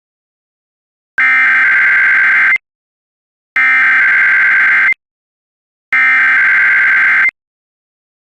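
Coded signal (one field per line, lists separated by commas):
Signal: Emergency Alert System (SAME) tones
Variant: header bursts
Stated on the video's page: Recreation of a Long Island Required Monthly Test.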